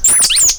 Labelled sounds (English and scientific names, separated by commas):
Stitchbird (Notiomystis cincta) song